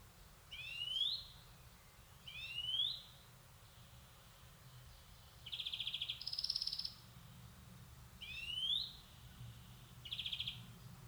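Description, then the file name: European greenfinch giving rising nasal wheezes and short buzzy trills, a few of each. "Chloris chloris"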